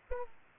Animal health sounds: mosquito wingbeat signal from an infrared sensor; Aedes aegypti

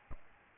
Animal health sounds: mosquito wingbeat signal from an infrared sensor; Aedes albopictus

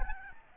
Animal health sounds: mosquito wingbeat signal from an infrared sensor; Aedes albopictus

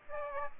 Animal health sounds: mosquito wingbeat signal from an infrared sensor; Aedes aegypti

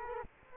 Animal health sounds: mosquito wingbeat signal from an infrared sensor; Culex quinquefasciatus

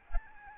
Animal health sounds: mosquito wingbeat signal from an infrared sensor; Aedes albopictus

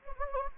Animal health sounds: mosquito wingbeat signal from an infrared sensor; Anopheles gambiae

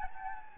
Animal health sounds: mosquito wingbeat signal from an infrared sensor; Anopheles gambiae

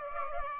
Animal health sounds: mosquito wingbeat signal from an infrared sensor; Aedes aegypti

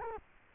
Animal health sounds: mosquito wingbeat signal from an infrared sensor; Culex quinquefasciatus

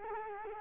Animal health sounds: mosquito wingbeat signal from an infrared sensor; Culex quinquefasciatus

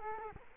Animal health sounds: mosquito wingbeat signal from an infrared sensor; Culex quinquefasciatus

